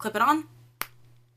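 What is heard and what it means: A plastic cap is snapped back onto a chubby-stick cosmetic crayon while someone talks. A single short, sharp click at 0.8 s marks the cap seating home on the stick.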